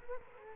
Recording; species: mosquito wingbeat signal from an infrared sensor; Culex quinquefasciatus